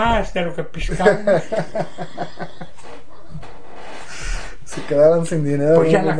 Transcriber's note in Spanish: risas